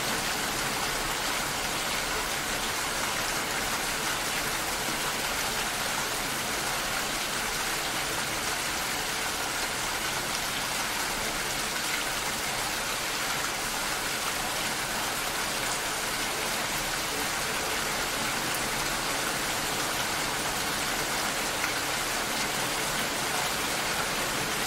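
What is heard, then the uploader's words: Gentle forest rain falls steadily and evenly throughout, a dense, soft hiss of countless drops with no pauses or surges. The sound sits mostly in the bright upper range, with only a faint low rumble beneath and no distinct events. Gentle Forest Rain Sounds.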